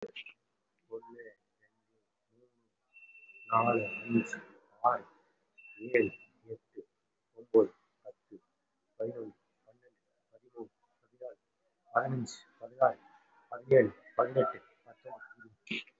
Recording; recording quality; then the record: counting at a normal pace; excellent, no background noise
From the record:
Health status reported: respiratory illness, not identified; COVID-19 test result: negative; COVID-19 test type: RT-PCR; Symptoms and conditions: cold, breathing difficulty, sore throat, asthma, another respiratory illness, another condition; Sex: male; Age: 39 years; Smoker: no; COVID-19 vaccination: one dose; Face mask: worn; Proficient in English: no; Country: India